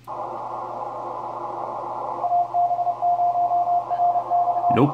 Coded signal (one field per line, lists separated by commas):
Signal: Morse code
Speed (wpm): 27 wpm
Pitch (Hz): 700 Hz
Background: speech, radio noise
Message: AB0RX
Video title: QRPer vs Maniacs & Savages: QRP in the 2020 ARRL Intl. DX CW test – part 1 of 2